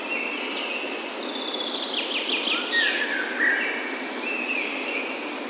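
Bird calling with thin whistles and a brief buzzy flourish midway, set against heavy steady background hiss.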